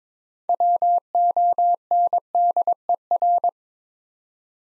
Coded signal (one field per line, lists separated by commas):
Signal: Morse code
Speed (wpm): 22 wpm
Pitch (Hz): 700 Hz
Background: none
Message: WONDER